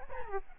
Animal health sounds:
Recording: mosquito wingbeat signal from an infrared sensor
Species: Aedes albopictus

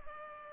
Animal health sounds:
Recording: mosquito wingbeat signal from an infrared sensor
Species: Culex pipiens

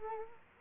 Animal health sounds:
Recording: mosquito wingbeat signal from an infrared sensor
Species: Culex quinquefasciatus

